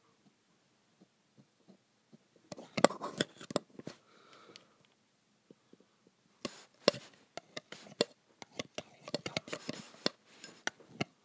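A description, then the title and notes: Graphite scrapes and taps on metal in scattered sharp clicks, with dense bursts of scratching around 2.5–4 seconds and again from 6.5 seconds. ASMR Graphite on Metal.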